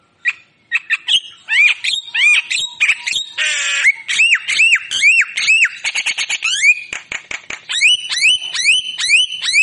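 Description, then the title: Javan myna song mixing rising whistled notes, chattering and a brief harsh burst, with repeated upslurred whistles coming quickly near the end. Javan myna singing actively (gacor), in a recording used for training and luring songbirds. "Masteran & Pancingan Kicauan Jalak Kebo Gacor Istimewa isian Murai Cucak Ijo Lovebird"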